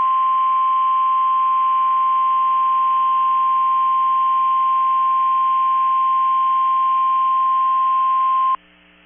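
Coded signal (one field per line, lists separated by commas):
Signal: Emergency Alert System (SAME) tones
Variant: 1050 Hz attention tone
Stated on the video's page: Failed required weekly test from a NOAA weather radio station after the station went off the air for a minute.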